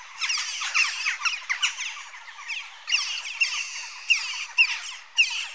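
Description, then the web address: Western jackdaw calls, loud abrupt chack notes in quick bursts separated by short gaps. Adult birds. "BBC Sound Effects Library. Jackdaw (Corvus Monedula)"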